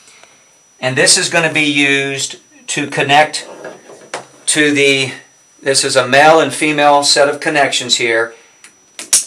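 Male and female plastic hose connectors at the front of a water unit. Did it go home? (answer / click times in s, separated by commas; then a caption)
yes / 9.1 s. Someone talks while a male and female plastic hose connector at the front of a water unit is pushed together. The connection snaps into place with a sharp click at 9.1 seconds, and the connector is seated.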